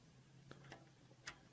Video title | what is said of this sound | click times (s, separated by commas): [How To] Fix E3 Flasher NOR Clip Issues (10001100 Fix) | it doesn't make a clicking sound anymore but let me put it | none